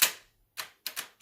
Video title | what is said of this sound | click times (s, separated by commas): Speargun review - Picasso Magnum BW 4K | all the way down and you hear the click it's a definite click to make sense loaded ok | 0.9 s